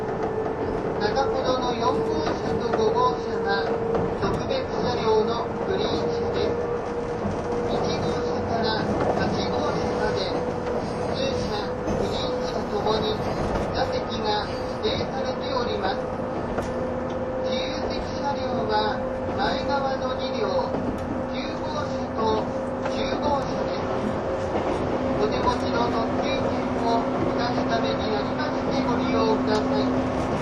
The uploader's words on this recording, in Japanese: 185系 踊り子106号01 伊豆急下田～熱海。修善寺始発の列車を併結しつつも上り列車で最速となる、185系踊り子106号を収録したものです。音の旅(走行音)。